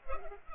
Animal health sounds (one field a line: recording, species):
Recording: mosquito wingbeat signal from an infrared sensor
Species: Culex pipiens